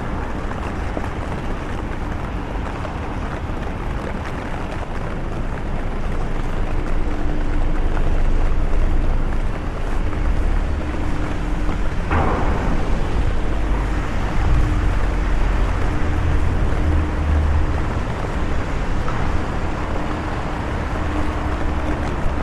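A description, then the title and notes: A rainy walk through London: a dense, steady hiss of rain and wet traffic fills the scene, with a low rumble of engines throughout. A steady hum runs underneath, and around twelve seconds a sharp burst cuts through, like a splash or a passing vehicle. LONDON CITY WALK UNDER THE RAIN ASMR AMBIENT NOISES. The podcast features a walk in London, under the rain.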